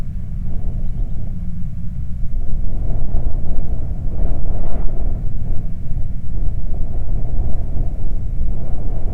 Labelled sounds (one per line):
wind